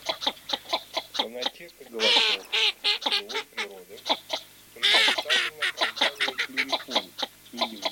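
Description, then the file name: Northern shoveler: duck calls, nasal honking notes in quick irregular series, with two louder, rougher outbursts around two and five seconds. Used in a duck-lure calling device. "Широконоска Mestolone"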